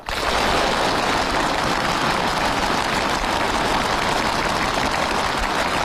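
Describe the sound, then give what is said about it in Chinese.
Long, thunderous applause from a large crowd after Xi Jinping issues a military training order: a dense, steady roar of clapping that stays loud and even throughout, with no voices on top. “习近平发布训令后，全场响起长时间雷鸣般的掌声。”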